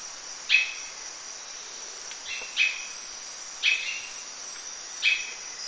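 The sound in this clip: Bird calling in short falling-then-flat whistles about every second, four clear notes, over a continuous high shrill drone.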